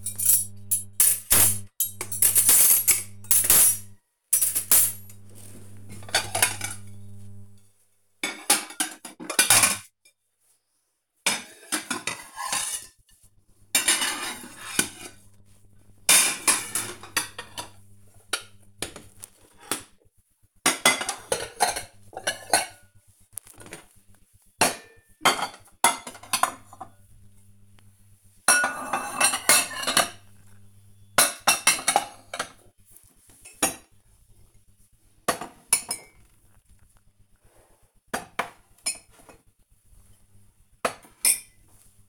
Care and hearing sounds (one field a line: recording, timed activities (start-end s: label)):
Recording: household activities, microphone on the right wrist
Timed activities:
0.00-42.09 s: putting away the dishes